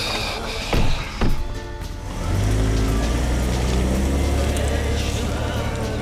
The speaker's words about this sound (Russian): Отец с напарником сели в машину и уехали.